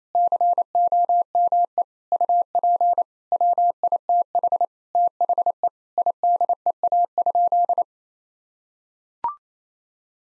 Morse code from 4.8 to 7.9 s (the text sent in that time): THE IDEA?